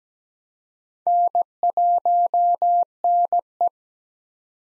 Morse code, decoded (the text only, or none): N1NE